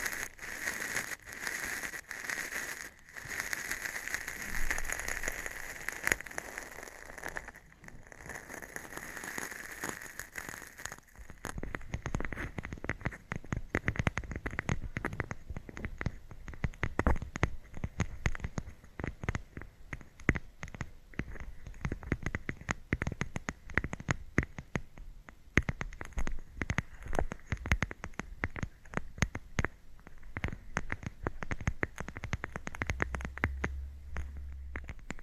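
Scratching and tapping triggers: dense, rapid scratchy ticks, brighter and hissy at first, then after eleven seconds deeper, drier irregular taps.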